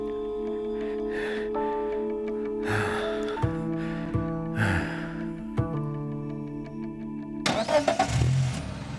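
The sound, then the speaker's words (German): A car engine starts as someone takes another person's car: raspy bursts of cranking break over a steady droning hum that shifts pitch in steps, then a louder, rougher roar swells at the end. “Das ist mein Auto!”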